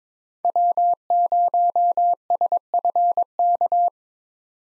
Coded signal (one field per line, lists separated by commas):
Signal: Morse code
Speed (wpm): 22 wpm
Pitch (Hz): 700 Hz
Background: none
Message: W0SFK